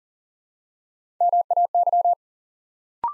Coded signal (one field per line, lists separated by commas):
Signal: Morse code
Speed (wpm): 38 wpm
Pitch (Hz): 700 Hz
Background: none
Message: MAY